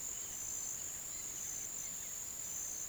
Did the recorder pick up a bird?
no